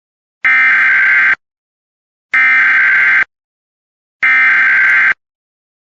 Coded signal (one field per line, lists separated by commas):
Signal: Emergency Alert System (SAME) tones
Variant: header bursts